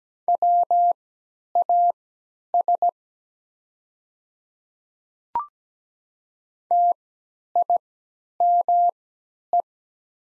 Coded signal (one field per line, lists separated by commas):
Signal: Morse code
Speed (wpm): 17 wpm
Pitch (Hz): 700 Hz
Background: none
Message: WAS TIME